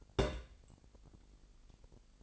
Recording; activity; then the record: daily activity, microphone in the room; place on stove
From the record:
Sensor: 5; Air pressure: 1002.0 hPa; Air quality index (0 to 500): 300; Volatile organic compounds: 48 ppm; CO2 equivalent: 3274 ppm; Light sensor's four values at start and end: 19/42/18/21 and 19/42/18/20